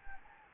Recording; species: mosquito wingbeat signal from an infrared sensor; Anopheles gambiae